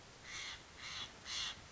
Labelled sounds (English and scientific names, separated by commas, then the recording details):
Steller's Jay (Cyanocitta stelleri)
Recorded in Sonoma County, California